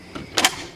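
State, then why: Seated. A slide-out generator tray on a living-quarters race trailer is pushed back into its compartment and latches. A faint knock comes at 0.2 s, then a sharp, bright metallic clack at 0.4 s with a second strike right after. The tray locks in place at 0.4 s so it won't come out on the highway.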